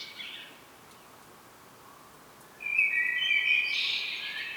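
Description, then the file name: Common blackbird: a faint high note at the start, then from midway a strong, sustained warbled phrase to the end. "Turdus merula"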